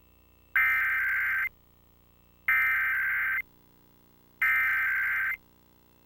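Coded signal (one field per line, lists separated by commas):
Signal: Emergency Alert System (SAME) tones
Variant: header bursts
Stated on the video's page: Personally recorded real Required Weekly Test with valid tones.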